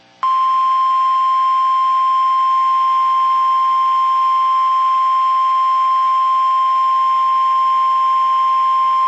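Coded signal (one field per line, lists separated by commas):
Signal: Emergency Alert System (SAME) tones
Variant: 1050 Hz attention tone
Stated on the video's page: Personal captures of real EAS alerts during a severe weather event in the South.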